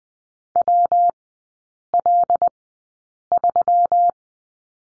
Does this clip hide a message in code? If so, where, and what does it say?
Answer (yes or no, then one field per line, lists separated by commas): yes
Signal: Morse code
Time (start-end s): 0.6-4.1 s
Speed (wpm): 20 wpm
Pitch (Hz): 700 Hz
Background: none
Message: WL3